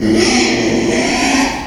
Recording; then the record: squeal of a Yucatan mini pig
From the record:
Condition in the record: after surgery on the right vocal fold (resection and tissue-engineered implant); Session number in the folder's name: 2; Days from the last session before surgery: 13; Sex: male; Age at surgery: 12 weeks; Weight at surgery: 13 kg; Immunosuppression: cyclosporine, prednisolone